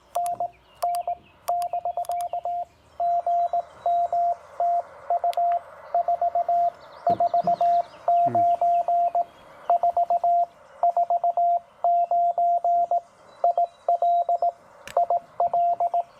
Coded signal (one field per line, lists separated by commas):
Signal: Morse code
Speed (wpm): 18 wpm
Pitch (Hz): 690 Hz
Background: radio noise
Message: NN <BK> GM TU 449 449 IL IL